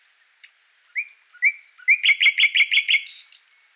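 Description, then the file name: Common nightingale song phrase: several short rising whistles, then a fast, loud run of repeated rattling notes ending in a brief buzzy flourish. "Luscinia megarhynchos"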